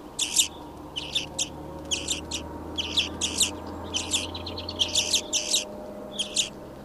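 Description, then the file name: European greenfinch calling in clustered bursts of quick chirpy notes separated by short pauses. "Chloris chloris"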